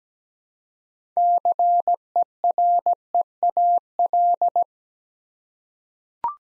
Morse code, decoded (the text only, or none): CEREAL